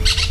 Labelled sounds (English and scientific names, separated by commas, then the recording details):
Brown-throated Parakeet (Eupsittula pertinax) contact call
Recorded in Venezuela
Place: PN Cerro Saroche, Tierras del Sr. Polo, Edo. Lara
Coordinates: 10.171, -69.518